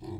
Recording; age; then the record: pig call; weaner (32 to 43 days)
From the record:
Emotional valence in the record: positive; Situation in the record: positive conditioning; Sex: female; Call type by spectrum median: low-frequency call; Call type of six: low-frequency stable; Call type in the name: low-frequency stable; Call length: 0.20 s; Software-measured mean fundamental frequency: 36 Hz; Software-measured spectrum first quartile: 112 Hz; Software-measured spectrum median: 262 Hz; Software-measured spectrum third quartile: 417 Hz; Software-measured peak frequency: 336 Hz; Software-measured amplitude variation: 126 dB a second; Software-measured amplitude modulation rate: 22.5 a second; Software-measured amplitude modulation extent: 5.6 dB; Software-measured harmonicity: 1.6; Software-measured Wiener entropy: 0.11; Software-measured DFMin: 693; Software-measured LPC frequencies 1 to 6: 332, 868, 1913, 2576, 3504, 4256 Hz